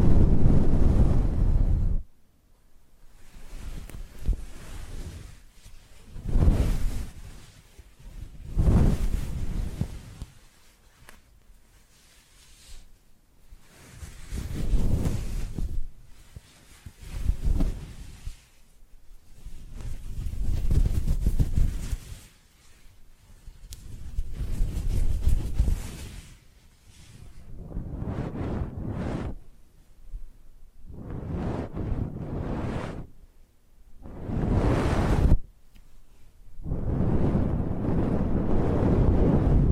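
Face brushing with no talking: soft, rushing strokes swell and fade every two to three seconds, each one a low, full whoosh with a breathy top. Brief near-silent gaps fall between strokes, and the last few come quicker and shorter.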